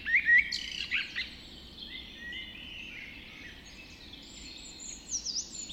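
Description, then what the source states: Bird dawn chorus, a few loud sharp chirps at first, then softer overlapping whistles and warbling songs in the background. Dawn chorus recorded just after dawn in the Forest of Dean.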